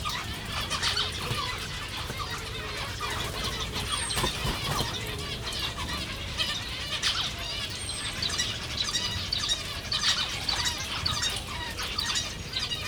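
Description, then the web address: Zebra finch calls: many birds chattering at once, with rapid nasal chirps and short twitters running without pause, and a faint low hum beneath. Recorded at Jászberény Zoo in 2015. "allathangok jaszberenyizoo 2015 professzionalis zebrapinty zebrapinty rizspinty"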